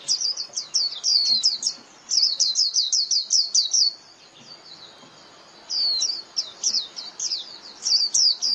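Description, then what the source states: White-eye lure call: rapid runs of high, thin, downslurred chirps, with a quiet gap of nearly two seconds before a final run. Lure call (mồi) used for trapping white-eyes.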